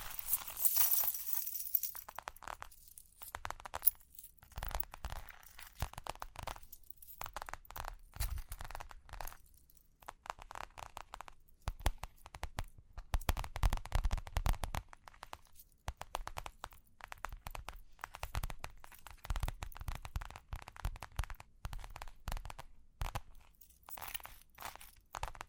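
Tapping and scratching sounds, with dense crunchy, crinkly clicks coming in quick irregular bursts throughout. A bright hiss opens the first two seconds, then short scratchy strokes and taps continue unevenly, with a few heavier thuds around eight and fourteen seconds.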